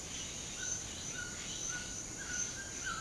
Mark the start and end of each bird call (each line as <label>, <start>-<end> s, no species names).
bird call, 0.54-3.01 s